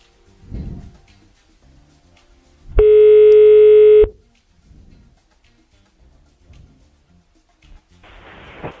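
A radio show dials a phone line to call someone back, with a few brief clicks, then a single loud, steady ringing tone lasting about a second, followed by quiet line noise and a short hiss at the end.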